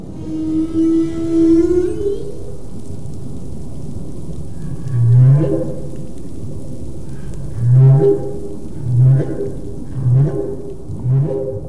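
Humpback whale song: a long tonal moan sweeping upward, then several deep pulsed grunts.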